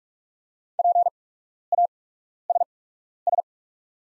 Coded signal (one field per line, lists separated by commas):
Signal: Morse code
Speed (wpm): 44 wpm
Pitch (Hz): 700 Hz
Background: none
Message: PASS